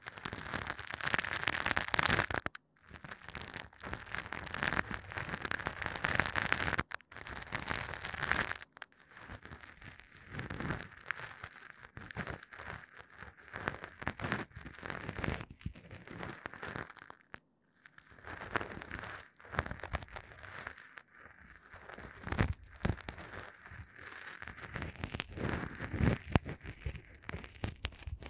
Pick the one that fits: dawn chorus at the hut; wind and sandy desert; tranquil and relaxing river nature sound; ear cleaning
ear cleaning